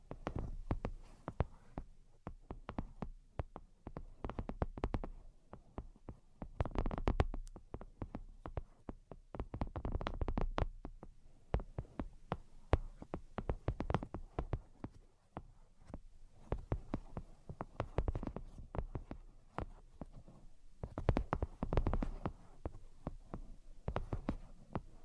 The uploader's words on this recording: ASMR Brain Penetrating 3D Tapping (No Talking).